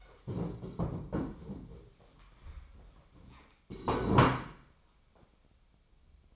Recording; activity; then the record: daily activity, microphone in the room; stand up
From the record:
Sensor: 1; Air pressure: 1015.3 hPa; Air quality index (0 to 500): 151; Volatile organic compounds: 8 ppm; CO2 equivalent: 2098 ppm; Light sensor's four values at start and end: 12/30/12/13 and 12/30/12/13